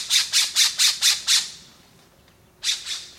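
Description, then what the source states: Island Scrub-Jay calls, six harsh, raspy notes in quick succession, a pause, then two more rasping notes. Santa Cruz Island, Channel Islands National Park, California; chaparral woodland; lives in monogamous pairs nesting in island scrub oak.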